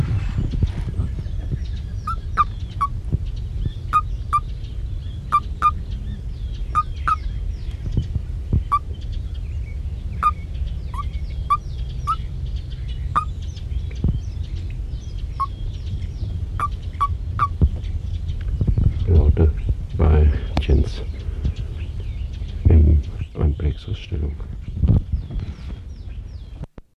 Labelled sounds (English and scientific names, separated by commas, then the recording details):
Common Toad (Bufo bufo) call
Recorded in the wild
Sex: male
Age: adult
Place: Mühlenbecker Land, OT Summt, Brandenburg, DE
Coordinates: 52.695, 13.3594
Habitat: forest
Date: 1976-04-03 10:53
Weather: 12°C
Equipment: Uher CR 210, Sennheiser MD 421 HS, Verstärker, Kopie Uher Variocord
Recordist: Tembrock, Günter
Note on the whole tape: Summt, am Buchenberg. Paar, Aplexus, Laute des Männchens bei Berührung durch Beobachter. Dabei Abwehrbewegungen der Hinterbeine. - "Poltern durch Erschütterungen"